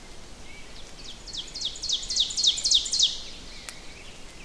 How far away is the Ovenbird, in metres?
about 15 m